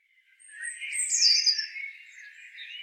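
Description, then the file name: European robin giving a single brief phrase of thin, high, jangling notes. "Erithacus rubecula"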